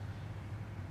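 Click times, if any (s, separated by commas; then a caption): none. A new electrical case connector, with grease on its O-ring, is handled at the bore of an automatic transmission case where the old plug was knocked out with a screwdriver and hammer. Only a steady low hum is heard, with no sharp hits or clicks. The connector has not seated yet.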